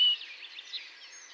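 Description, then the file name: European robin: a brief thin high whistled note followed by faint, quiet twittering. "Erithacus rubecula"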